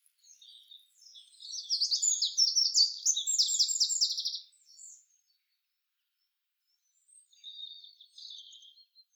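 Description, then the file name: Eurasian wren song, a loud rapid high-pitched outburst of trills and twittering notes lasting about three seconds, followed by a fainter second phrase near the end. "Troglodytes troglodytes"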